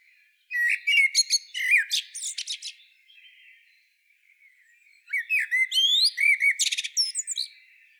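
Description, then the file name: Common blackbird song, two phrases separated by a pause, each a low mellow warble ending in a burst of thin, high, scratchy twitters. "Turdus merula"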